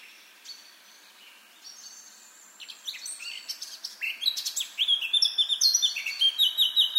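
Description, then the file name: Eurasian blackcap song: soft, quiet warbling opens, then the bird breaks into louder, clearer whistled phrases that repeat and strengthen to the end. "Sylvia atricapilla"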